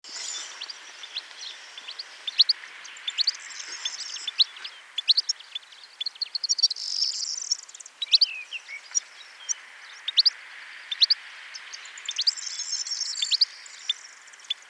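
European goldfinch calling: rapid high tinkling chirps scattered throughout, with occasional brief buzzy twittering phrases, over a steady faint background hiss.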